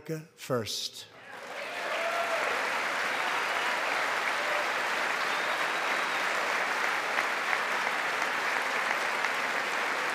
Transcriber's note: applause